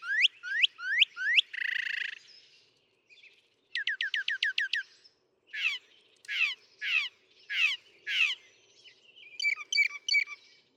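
Northern mockingbird song of varied phrases: rising whistles, a harsh burst, fast repeated notes, slurred downward notes, and a final set of short notes.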